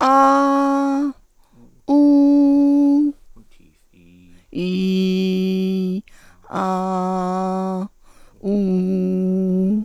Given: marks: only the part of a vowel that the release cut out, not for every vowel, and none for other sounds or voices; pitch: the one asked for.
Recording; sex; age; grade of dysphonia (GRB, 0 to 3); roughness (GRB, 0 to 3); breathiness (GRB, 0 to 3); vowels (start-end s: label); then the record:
sustained vowels; female; 50 to 59 years; 2; 1; 2
0.38-0.99 s: vowel /a/, high pitch
2.01-2.98 s: vowel /u/, high pitch
4.80-5.86 s: vowel /i/, low pitch
6.69-7.76 s: vowel /a/, low pitch
8.63-9.63 s: vowel /u/, low pitch
From the record:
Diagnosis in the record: hyperfunctional dysphonia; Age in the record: 50 years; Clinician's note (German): Ponogen